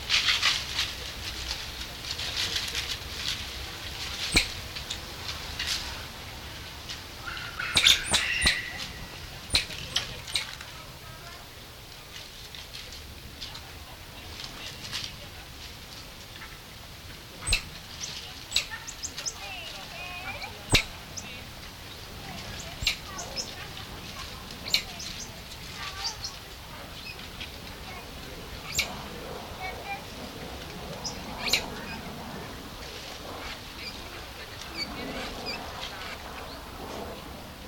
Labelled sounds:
Common Squirrel Monkey (Saimiri sciureus) call
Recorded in captivity
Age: adult
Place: Tiergarten Nürnberg, Bayern, DE
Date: 1993-09-14 17:27
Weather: 12 °C, bedeckt
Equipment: Marantz CP 430, Sennheiser MKH 416 T, Kopie Uher Variocord 263
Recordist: Tembrock, Günter

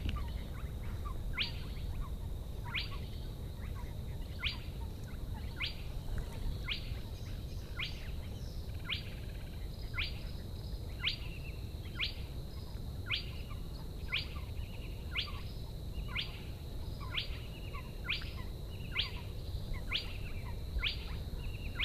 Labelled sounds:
Spotted Crake (Porzana porzana) song
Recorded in the wild
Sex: male
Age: adult
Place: Schwedt/Oder, Nationalpark Unteres Odertal, Brandenburg, DE
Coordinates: 53.1181, 14.3686
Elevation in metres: 1
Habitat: wetland
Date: 2015-04-23 03:28
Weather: clear, 3°C, almost windless
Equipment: Sound Devices 702, Sennheiser MKH 70, Rycote Windschutz
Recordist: Frommolt, Karl-Heinz

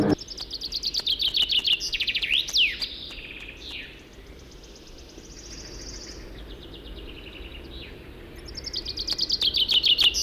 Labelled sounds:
Common Chaffinch (Fringilla coelebs)
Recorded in the wild
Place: Wolin, Westpommern, PL
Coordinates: 53.882, 14.582
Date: 1972-06-03
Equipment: Nagra III BH, Sennheiser MD 21, parabola
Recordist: Schubert, Michael

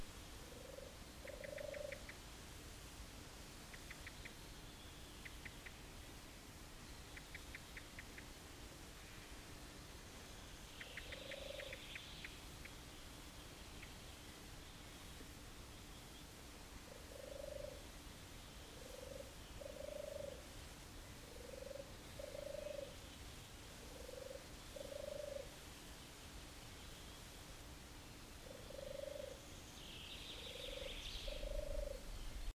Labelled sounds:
European Turtle Dove (Streptopelia turtur) song
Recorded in the wild
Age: adult
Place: Schloß Holte-Stukenbrock, Senne, Nordrhein-Westfalen, DE
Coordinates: 51.8797, 8.66194
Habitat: pine wood
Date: 1967-06-04
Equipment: Uher 4000 Report-S, Bändchenmikro Beyer M 260, Parabolspiegel Polyester (470 mm)
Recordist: Conrads, Klaus
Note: Stukenbrock, 1 km nördlich Furlbach. Gesang

